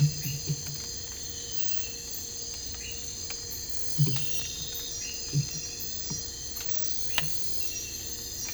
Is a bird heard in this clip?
no